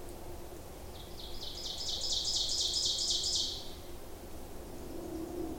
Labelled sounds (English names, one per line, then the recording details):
Ovenbird song
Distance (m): 35 m
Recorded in boreal forest in Alberta, Canada, on 26 May 2016 at 07:14
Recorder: SongMeter 3, array SBT-3-15
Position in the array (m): 41 m, 274 m
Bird 20